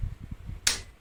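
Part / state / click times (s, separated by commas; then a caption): cam chain tensioner in a motorcycle engine / released / 0.7 s. A Phillips screwdriver slowly unscrews the cam chain tensioner bolt on a Kawasaki Eliminator 250 motorcycle engine, with faint low rumbles beforehand. A loud, sharp metallic click rings out at 0.7 s and fades quickly, followed by a faint tick near 1.0 s. The click is the sign that the cam chain tensioner has been released.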